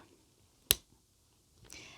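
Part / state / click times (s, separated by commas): release catch on a luggage combination lock / released / 0.7 s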